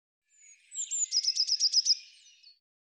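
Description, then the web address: Eurasian blue tit call, a high thin introductory note followed by a fast run of about seven bright, ticking pulses that fade into a soft trailing note. "cianscape birddata Deverinetal 2025 File cleaned normalized Bird Cy Ca"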